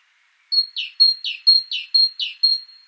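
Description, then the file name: Great tit, bright repeated phrases pairing a pure high whistle with a lower, scratchy note, several pairs in steady rhythm. "Parus major"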